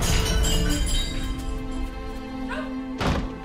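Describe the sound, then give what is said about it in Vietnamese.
A mother smashes a rice bowl with a loud crash, then broken crockery rings and clinks as shards settle, followed by another sharp clatter near the end. No voices. “Mẹ Trúc đã đập vỡ bát cơm và khóc.”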